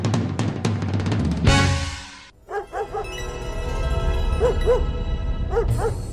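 A dog barks in short, high yapping bursts, mostly in quick pairs, over a steady low background rumble, following a brief loud rush of noise at the start.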